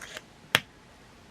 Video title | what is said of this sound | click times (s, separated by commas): *NEW* Arrtx Liquid Ink Acrylic Markers - What's The Difference? | there is a FL click there | 0.6 s